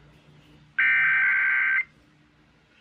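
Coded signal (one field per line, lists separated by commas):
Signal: Emergency Alert System (SAME) tones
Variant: header bursts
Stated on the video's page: Weekly and monthly tests.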